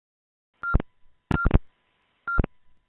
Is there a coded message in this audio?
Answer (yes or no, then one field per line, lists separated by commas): no